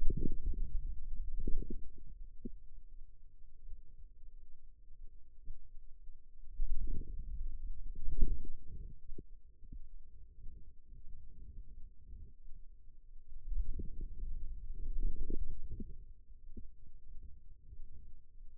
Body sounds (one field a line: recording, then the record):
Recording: forearm muscle sounds (acoustic myography)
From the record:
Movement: wrist flexion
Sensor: system 2, bracelet of six BSWA MPA416 microphones around the upper forearm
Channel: 1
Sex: male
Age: 22 years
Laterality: right